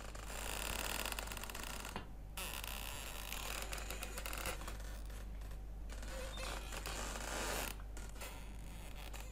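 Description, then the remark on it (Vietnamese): A hammock creaks over and over in a bedroom, as if someone were lying in it and swinging, in a steady back-and-forth rhythm, the scratchy, rasping squeaks fairly loud and continuous with brief pauses, and no one speaking. “thì ở trong buồng vang lên có tiếng kẽo ca kẽo kẹt, giống như ai đang nằm đưa võng vậy.”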